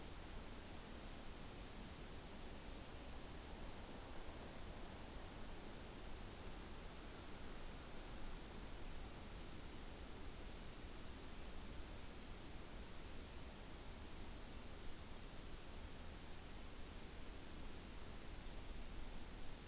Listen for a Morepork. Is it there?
no